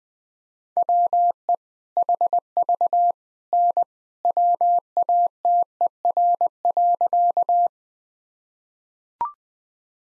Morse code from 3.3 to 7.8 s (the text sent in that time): N WATER.